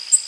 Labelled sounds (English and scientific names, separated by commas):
Nashville Warbler (Leiothlypis ruficapilla) flight call